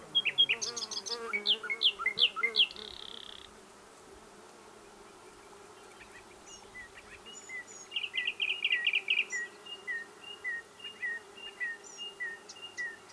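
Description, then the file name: Common nightingale song opening with loud rapid repeated notes and a buzz, a silent gap, then thin high notes and a run of quick chirps; low hum throughout. "Luscinia megarhynchos"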